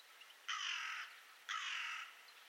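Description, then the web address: Bird giving two harsh, rasping calls, each about half a second long, with faint background hiss. "Bird Only"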